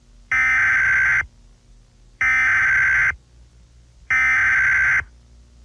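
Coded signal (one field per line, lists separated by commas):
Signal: Emergency Alert System (SAME) tones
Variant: header bursts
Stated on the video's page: Fictional scenario about a comet impact using valid alert tones assembled from others' clips.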